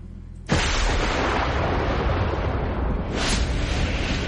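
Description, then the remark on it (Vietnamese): A sudden crack of thunder from a sky suddenly filled with dark clouds bursts in after a low hum, then rolls on as a loud, continuous roaring rumble, swelling briefly again near the end. No voices. “Ngay tại lúc này, bầu trời đột nhiên mây đen vần vũ, sấm sét vang trời.”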